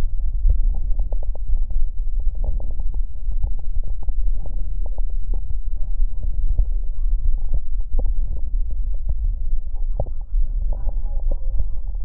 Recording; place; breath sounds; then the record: lung sounds by stethoscope; right posterior upper chest; normal breath sounds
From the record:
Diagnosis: none (healthy); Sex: female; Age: 81 years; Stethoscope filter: extended mode, 50 to 500 Hz